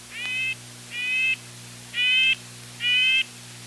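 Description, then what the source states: Red-breasted Nuthatch giving four nasal, horn-like toots, each slightly drawn out and evenly spaced about a second apart. The smaller nuthatch, often found in the tops of spruce trees; its call has been described as a tiny tin horn.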